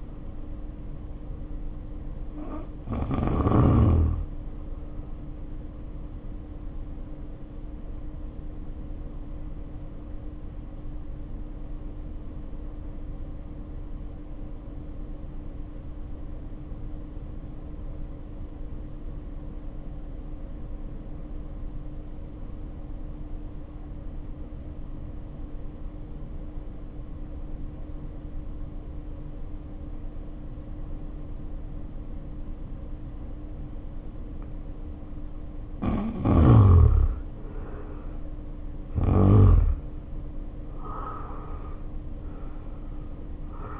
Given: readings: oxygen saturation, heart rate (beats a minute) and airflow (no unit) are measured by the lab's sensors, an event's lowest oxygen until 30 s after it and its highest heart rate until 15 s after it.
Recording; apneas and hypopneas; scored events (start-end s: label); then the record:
breathing in sleep by a smartphone at the bedside; 1
7.00-35.70 s: hypopnea (N2, oxygen 94% highest, then 73% lowest, heart rate 53 at the start, 70 highest)
From the record:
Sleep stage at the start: N2 (light sleep); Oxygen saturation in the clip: 79 to 94%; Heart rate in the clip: 48 to 70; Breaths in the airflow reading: 12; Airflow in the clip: -2.3 to 2.8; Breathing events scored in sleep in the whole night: 520 in 7.2 hours asleep